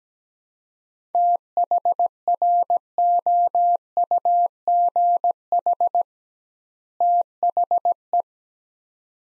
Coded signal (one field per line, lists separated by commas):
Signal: Morse code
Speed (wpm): 17 wpm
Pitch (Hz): 700 Hz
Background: none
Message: THROUGH THE